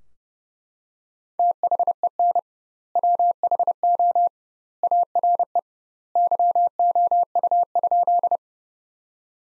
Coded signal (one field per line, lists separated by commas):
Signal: Morse code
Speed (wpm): 30 wpm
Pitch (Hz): 700 Hz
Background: none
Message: THEN WHO ARE YOU?